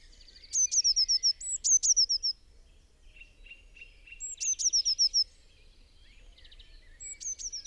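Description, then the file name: Eurasian blue tit giving high piercing notes that run into a quick trill, several phrases over several seconds, with softer chirps between. "Cyanistes caeruleus"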